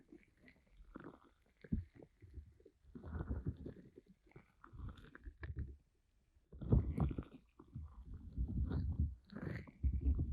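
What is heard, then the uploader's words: Ear massage with a pineapple: low, muffled rubbing and rumbling sounds come in uneven bursts, with heavier stretches around three, five, and from about six and a half seconds on. Brief crackly scratches and taps break through between quieter pauses. Ear Massage with Pineapple (No Talking).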